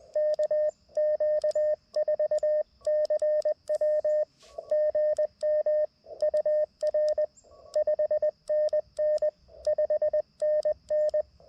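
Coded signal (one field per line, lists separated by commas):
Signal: Morse code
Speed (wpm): 20 wpm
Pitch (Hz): 610 Hz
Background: radio noise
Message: KQ4CW GM UR 5NN 5NN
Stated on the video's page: QRP CW Parks on the Air activation with an LNR Precision MTR-4B, using 66 feet of wire in a tree.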